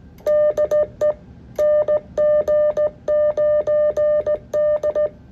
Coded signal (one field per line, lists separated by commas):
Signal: Morse code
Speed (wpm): 17 wpm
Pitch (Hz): 600 Hz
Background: music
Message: DE NG9D